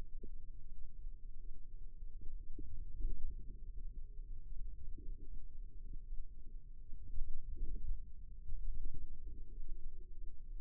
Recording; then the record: forearm muscle sounds (acoustic myography)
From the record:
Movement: inward rotation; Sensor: system 2, bracelet of six BSWA MPA416 microphones around the upper forearm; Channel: 3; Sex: female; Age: 22 years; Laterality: right